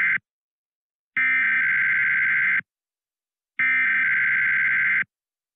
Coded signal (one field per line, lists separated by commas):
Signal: Emergency Alert System (SAME) tones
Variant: header bursts